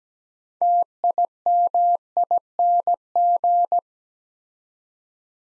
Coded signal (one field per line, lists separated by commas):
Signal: Morse code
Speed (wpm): 17 wpm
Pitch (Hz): 700 Hz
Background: none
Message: TIMING